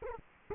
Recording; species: mosquito wingbeat signal from an infrared sensor; Culex quinquefasciatus